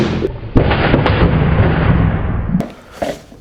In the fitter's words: just lay it all the way down and then it locks in place.